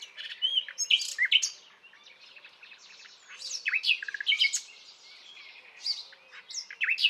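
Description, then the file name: Common nightingale singing irregular phrases of sharp chirps, whistles and short rattles, with brief quieter pauses between bursts. "Luscinia megarhynchos"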